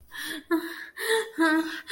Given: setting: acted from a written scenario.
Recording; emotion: vocal sound without words; fear